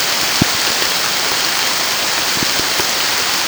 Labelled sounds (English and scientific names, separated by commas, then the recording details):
none
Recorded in pastures near Puerto Asís, Putumayo, Colombia, on 30 June 2025 at 15:30
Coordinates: 0.502, -76.324
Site G010